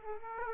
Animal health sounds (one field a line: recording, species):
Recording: mosquito wingbeat signal from an infrared sensor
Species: Aedes aegypti